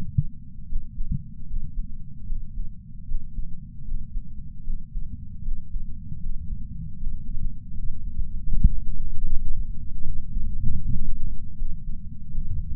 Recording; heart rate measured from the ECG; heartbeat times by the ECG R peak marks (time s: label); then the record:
heart sounds by patch sensor on the chest; 77 bpm
0.67 s: heartbeat
1.47 s: heartbeat
2.26 s: heartbeat
3.06 s: heartbeat
3.85 s: heartbeat
4.64 s: heartbeat
5.42 s: heartbeat
6.19 s: heartbeat
6.97 s: heartbeat
7.74 s: heartbeat
8.50 s: heartbeat
9.27 s: heartbeat
10.03 s: heartbeat
10.79 s: heartbeat
11.56 s: heartbeat
12.31 s: heartbeat
From the record:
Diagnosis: coronary artery disease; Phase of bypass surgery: preoperative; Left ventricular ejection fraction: 66.3%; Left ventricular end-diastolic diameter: 44 mm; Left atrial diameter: 34 mm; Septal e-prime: 5.3 cm/s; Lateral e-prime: 9.3 cm/s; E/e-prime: 13.2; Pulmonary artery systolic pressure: 31 mmHg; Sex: male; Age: 76 years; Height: 164 cm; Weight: 75 kg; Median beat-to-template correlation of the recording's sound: 0.83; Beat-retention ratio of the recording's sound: 0.97